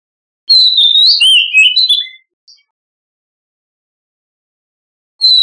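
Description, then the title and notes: Oriental magpie-robin gives one loud phrase of clear whistles and warbled slurs lasting under two seconds, followed by silence and the start of another phrase. "Kicau Burung Kacer"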